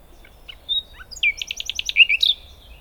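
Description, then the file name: Common nightingale song phrase: a thin whistle, then a fast run of repeated chirping notes ending in sharp rising and falling whistles. "Luscinia megarhynchos"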